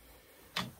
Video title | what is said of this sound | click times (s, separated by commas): G3 ION Set Up Instructions | and round to the other side and locking that brake plate in to go back into ski mode | 0.6 s